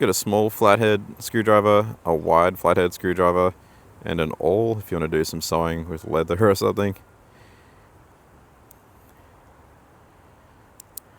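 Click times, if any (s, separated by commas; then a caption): 10.8 s, 11.0 s. Someone talks for about the first seven seconds, then opens the small flathead screwdriver, wide flathead screwdriver and awl tools on a metal Bibury BI2045AB multitool. After a quiet stretch, sharp metal clicks at 10.8 and 11.0 seconds mark the folding tools locking open into the back-lock, which holds them firmly with a tough lock.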